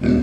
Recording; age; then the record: pig call; growing-finishing pig (85 days or more)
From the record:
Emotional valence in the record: negative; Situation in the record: barren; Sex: male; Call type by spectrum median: low-frequency call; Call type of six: low-frequency stable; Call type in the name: low-frequency stable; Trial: 2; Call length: 0.23 s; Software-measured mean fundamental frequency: 49 Hz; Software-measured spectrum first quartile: 187 Hz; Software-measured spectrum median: 254 Hz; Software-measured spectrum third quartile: 382 Hz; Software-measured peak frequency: 245 Hz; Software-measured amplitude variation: 136 dB a second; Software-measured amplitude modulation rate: 24.4 a second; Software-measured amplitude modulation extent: 5.6 dB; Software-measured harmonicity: 1.3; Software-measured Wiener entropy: -1.14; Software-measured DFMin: 1099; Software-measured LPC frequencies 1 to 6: 314, 1501, 2309, 3663, 4361, 5079 Hz